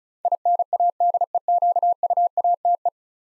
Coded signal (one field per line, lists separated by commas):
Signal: Morse code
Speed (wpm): 36 wpm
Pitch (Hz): 700 Hz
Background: none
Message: INADEQUATE